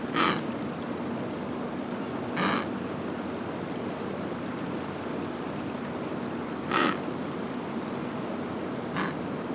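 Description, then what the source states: Penguin giving four brief, raspy squawks spread unevenly across the recording, over steady background noise. Recorded at Brown Bluff, Antarctica.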